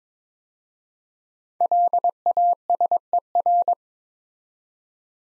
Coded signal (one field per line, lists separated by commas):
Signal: Morse code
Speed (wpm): 22 wpm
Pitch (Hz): 700 Hz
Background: none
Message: LASER